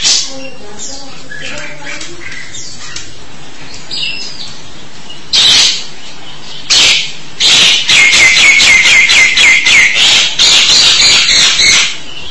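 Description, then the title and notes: Starling song with scattered whistles and squawks, then a fast, rattling trill of repeated buzzy notes toward the end. "suara burung jalak"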